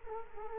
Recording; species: mosquito wingbeat signal from an infrared sensor; Culex quinquefasciatus